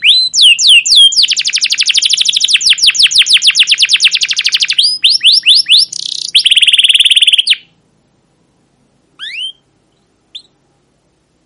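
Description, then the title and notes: Canary song: quick chirps leading into a long rolling trill, more chirps and a buzzy roll, then silence broken by two brief upward chirps. Captive canary; long, continuous chirping song used as a lure and master recording to train young canaries to sing. "CUIT CUIT NGEROL LANGSUNG GACOR PANJANG Kenari Ini AMPUH Utk Pancingan KENAR. PANCINGAN Kenari GACOR PANJANG Cuit CUIT EMOSI ini AMPUH utk MASTERAN Kenari PAUD belajar BUNYI. burung kenari"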